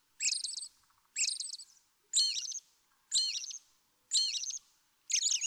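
American robin singing short, high, warbled phrases about once a second, each fading off at the end.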